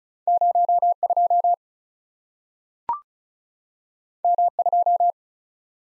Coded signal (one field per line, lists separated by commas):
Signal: Morse code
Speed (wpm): 36 wpm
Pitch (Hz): 700 Hz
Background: none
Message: 02 M2